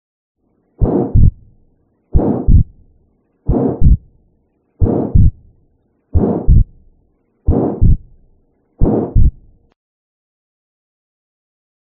Stenosis causes an ejection systolic murmur loudest in the pulmonary area during deep inspiration. There is a widely split second heart sound, as the left ventricle empties much faster than the right ventricle, meaning the aortic and pulmonary valves close at different times. Pulmonary stenosis.